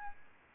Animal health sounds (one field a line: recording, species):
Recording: mosquito wingbeat signal from an infrared sensor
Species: Aedes albopictus